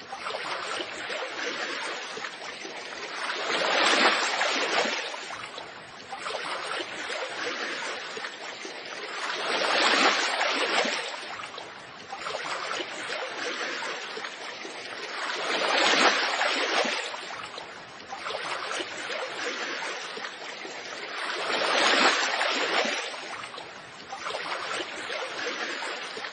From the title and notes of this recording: The melting of frozen streams and waves in spring is refreshing.